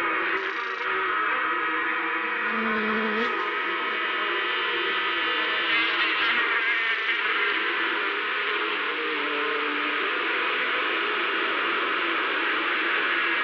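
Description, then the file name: Insects buzzing in a dense, steady drone of many overlapping tones, continuous for the whole stretch with a brief lower hum near the start. "Locals Insects"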